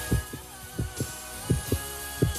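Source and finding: Dog heart by stethoscope. Heartbeat.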